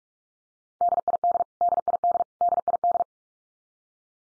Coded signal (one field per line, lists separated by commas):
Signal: Morse code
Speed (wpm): 44 wpm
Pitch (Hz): 700 Hz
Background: none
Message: DID DID DID